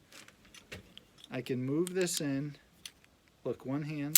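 A metal rotating fall-arrest safety clip for a harness attachment is handled and moved one-handed while someone talks, with small light metallic jingles and ticks between the words. Nothing has seated or clicked yet; the clip has not locked into place by the end.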